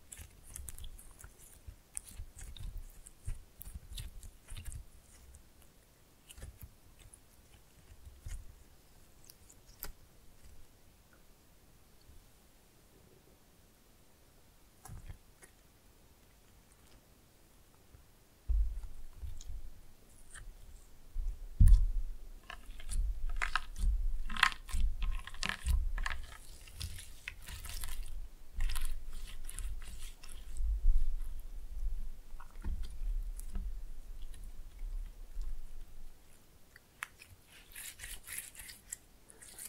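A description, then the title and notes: Sticky squelches and crackly pops of slime being squeezed, sparse at first, then denser and louder with low thumps after twenty seconds. ASMR Fun with Slime No Talking.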